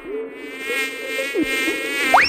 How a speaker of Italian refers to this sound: Chiappa la mosca.